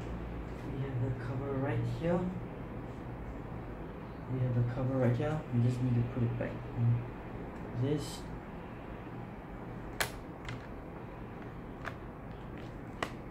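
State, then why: Seated. A man talks as the metal bottom cover of a Dell Precision 5510 laptop is pressed back onto the chassis. Sharp clicks are heard at 10.0, 11.9 and 13.0 seconds as its clips snap home with a firm click. The cover is seated.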